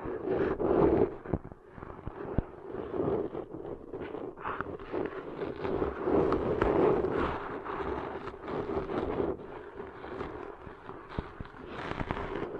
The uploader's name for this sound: Deep 3D Ear Cleaning Intense & Realistic